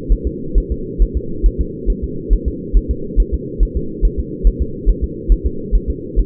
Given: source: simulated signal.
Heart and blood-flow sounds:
fetal heart sounds
0.12 s: S1
0.27 s: S2
0.58 s: S1
0.72 s: S2
1.02 s: S1
1.17 s: S2
1.46 s: S1
1.61 s: S2
1.90 s: S1
2.04 s: S2
2.33 s: S1
2.48 s: S2
2.77 s: S1
2.91 s: S2
3.20 s: S1
3.34 s: S2
3.63 s: S1
3.77 s: S2
4.05 s: S1
4.19 s: S2
4.47 s: S1
4.62 s: S2
4.89 s: S1
5.04 s: S2
5.32 s: S1
5.46 s: S2
5.75 s: S1
5.90 s: S2
6.19 s: S1
From the record:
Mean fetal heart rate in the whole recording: 135 bpm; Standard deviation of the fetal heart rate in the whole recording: 3 bpm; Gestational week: 36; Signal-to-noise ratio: -4.3 dB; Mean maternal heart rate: 72 bpm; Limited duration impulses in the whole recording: absent

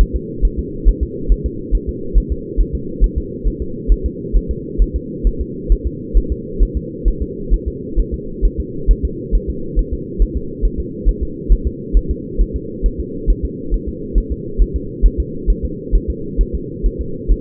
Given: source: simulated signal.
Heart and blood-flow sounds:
fetal heart sounds
0.01 s: S1
0.16 s: S2
0.45 s: S1
0.59 s: S2
0.88 s: S1
1.03 s: S2
1.32 s: S1
1.46 s: S2
1.75 s: S1
1.89 s: S2
2.18 s: S1
2.32 s: S2
2.61 s: S1
2.75 s: S2
3.04 s: S1
3.18 s: S2
3.47 s: S1
3.62 s: S2
3.92 s: S1
4.06 s: S2
4.37 s: S1
4.51 s: S2
4.82 s: S1
4.96 s: S2
5.27 s: S1
5.41 s: S2
5.72 s: S1
5.87 s: S2
6.17 s: S1
6.32 s: S2
6.63 s: S1
6.77 s: S2
7.08 s: S1
7.22 s: S2
7.54 s: S1
7.68 s: S2
8.00 s: S1
8.14 s: S2
8.45 s: S1
8.60 s: S2
8.91 s: S1
9.05 s: S2
9.35 s: S1
9.50 s: S2
9.79 s: S1
9.94 s: S2
10.22 s: S1
10.37 s: S2
10.65 s: S1
10.80 s: S2
11.09 s: S1
11.23 s: S2
11.52 s: S1
11.67 s: S2
11.97 s: S1
12.11 s: S2
12.41 s: S1
12.56 s: S2
12.86 s: S1
13.00 s: S2
13.30 s: S1
13.45 s: S2
13.74 s: S1
13.89 s: S2
14.18 s: S1
14.32 s: S2
14.62 s: S1
14.76 s: S2
15.06 s: S1
15.20 s: S2
15.50 s: S1
15.65 s: S2
15.95 s: S1
16.10 s: S2
16.41 s: S1
16.55 s: S2
16.86 s: S1
17.01 s: S2
17.31 s: S1
From the record:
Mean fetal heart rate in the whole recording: 135 bpm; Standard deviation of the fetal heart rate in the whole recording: 3 bpm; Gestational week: 36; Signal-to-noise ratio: -4.3 dB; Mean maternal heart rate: 72 bpm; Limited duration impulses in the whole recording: absent

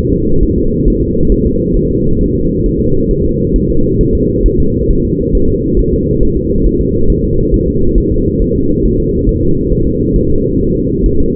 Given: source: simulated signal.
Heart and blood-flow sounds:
fetal heart sounds
0.13 s: S2
0.43 s: S1
0.58 s: S2
0.88 s: S1
1.02 s: S2
1.32 s: S1
1.46 s: S2
1.77 s: S1
1.91 s: S2
2.21 s: S1
2.36 s: S2
2.66 s: S1
2.81 s: S2
3.11 s: S1
3.25 s: S2
3.56 s: S1
3.70 s: S2
4.01 s: S1
4.15 s: S2
4.46 s: S1
4.60 s: S2
4.91 s: S1
5.05 s: S2
5.35 s: S1
5.49 s: S2
5.79 s: S1
5.93 s: S2
6.23 s: S1
6.37 s: S2
6.66 s: S1
6.81 s: S2
7.10 s: S1
7.24 s: S2
7.54 s: S1
7.68 s: S2
7.98 s: S1
8.12 s: S2
8.42 s: S1
8.56 s: S2
8.85 s: S1
9.00 s: S2
9.29 s: S1
9.43 s: S2
9.72 s: S1
9.87 s: S2
10.16 s: S1
10.31 s: S2
10.61 s: S1
10.75 s: S2
11.06 s: S1
11.20 s: S2
From the record:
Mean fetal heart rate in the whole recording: 135 bpm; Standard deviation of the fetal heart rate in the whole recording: 3 bpm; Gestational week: 36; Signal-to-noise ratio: -16.4 dB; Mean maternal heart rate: 72 bpm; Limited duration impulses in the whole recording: present

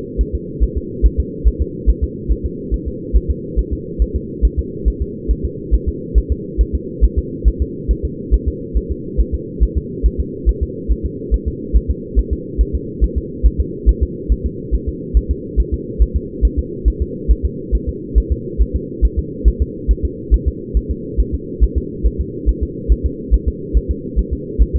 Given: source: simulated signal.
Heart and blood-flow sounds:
fetal heart sounds
0.21 s: S1
0.35 s: S2
0.63 s: S1
0.78 s: S2
1.06 s: S1
1.20 s: S2
1.48 s: S1
1.62 s: S2
1.89 s: S1
2.04 s: S2
2.32 s: S1
2.46 s: S2
2.74 s: S1
2.88 s: S2
3.16 s: S1
3.31 s: S2
3.59 s: S1
3.73 s: S2
4.02 s: S1
4.16 s: S2
4.45 s: S1
4.59 s: S2
4.88 s: S1
5.02 s: S2
5.31 s: S1
5.45 s: S2
5.74 s: S1
5.88 s: S2
6.18 s: S1
6.32 s: S2
6.61 s: S1
6.75 s: S2
7.04 s: S1
7.19 s: S2
7.48 s: S1
7.62 s: S2
7.91 s: S1
8.05 s: S2
8.34 s: S1
8.48 s: S2
8.77 s: S1
8.91 s: S2
9.20 s: S1
9.34 s: S2
9.63 s: S1
9.78 s: S2
10.06 s: S1
10.20 s: S2
10.49 s: S1
10.63 s: S2
10.92 s: S1
11.06 s: S2
11.34 s: S1
11.48 s: S2
11.76 s: S1
11.91 s: S2
12.19 s: S1
12.33 s: S2
12.61 s: S1
12.75 s: S2
13.04 s: S1
13.18 s: S2
13.46 s: S1
13.60 s: S2
13.89 s: S1
14.03 s: S2
14.32 s: S1
14.46 s: S2
14.75 s: S1
14.89 s: S2
15.17 s: S1
15.31 s: S2
15.60 s: S1
15.74 s: S2
16.02 s: S1
16.16 s: S2
16.45 s: S1
16.59 s: S2
16.88 s: S1
17.02 s: S2
17.31 s: S1
17.45 s: S2
17.75 s: S1
17.89 s: S2
18.18 s: S1
18.32 s: S2
18.61 s: S1
18.76 s: S2
19.05 s: S1
19.19 s: S2
19.48 s: S1
19.62 s: S2
19.91 s: S1
20.05 s: S2
20.34 s: S1
20.48 s: S2
20.77 s: S1
20.91 s: S2
21.20 s: S1
21.34 s: S2
21.63 s: S1
21.78 s: S2
22.06 s: S1
22.21 s: S2
22.49 s: S1
22.63 s: S2
22.92 s: S1
23.06 s: S2
23.34 s: S1
23.48 s: S2
23.77 s: S1
23.91 s: S2
24.19 s: S1
24.33 s: S2
24.62 s: S1
24.76 s: S2
From the record:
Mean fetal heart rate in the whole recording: 140 bpm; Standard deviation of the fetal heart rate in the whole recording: 2 bpm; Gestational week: 34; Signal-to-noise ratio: -4.1 dB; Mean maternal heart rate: no maternal heart sound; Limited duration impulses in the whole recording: absent

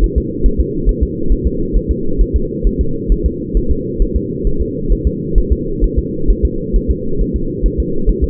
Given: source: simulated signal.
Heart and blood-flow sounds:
fetal heart sounds
0.04 s: S1
0.18 s: S2
0.46 s: S1
0.60 s: S2
0.89 s: S1
1.03 s: S2
1.32 s: S1
1.47 s: S2
1.77 s: S1
1.91 s: S2
2.21 s: S1
2.36 s: S2
2.67 s: S1
2.81 s: S2
3.12 s: S1
3.26 s: S2
3.57 s: S1
3.71 s: S2
4.02 s: S1
4.16 s: S2
4.47 s: S1
4.62 s: S2
4.92 s: S1
5.07 s: S2
5.38 s: S1
5.52 s: S2
5.84 s: S1
5.98 s: S2
6.30 s: S1
6.45 s: S2
6.76 s: S1
6.91 s: S2
7.21 s: S1
7.36 s: S2
7.66 s: S1
7.80 s: S2
8.09 s: S1
8.24 s: S2
From the record:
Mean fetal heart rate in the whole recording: 135 bpm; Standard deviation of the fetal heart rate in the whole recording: 3 bpm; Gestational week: 36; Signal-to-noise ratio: -8.1 dB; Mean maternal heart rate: 72 bpm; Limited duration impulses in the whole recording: absent

